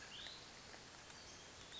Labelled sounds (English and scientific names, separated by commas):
Cassin's Vireo (Vireo cassinii)